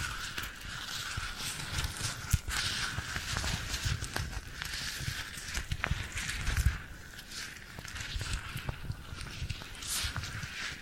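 Glued hands rub and pull apart in a steady stream of sticky, crackling textures, busy and dense throughout. Sharp peeling snaps cut through repeatedly, with a louder one near two seconds and another around six and a half seconds, over a soft low rumble.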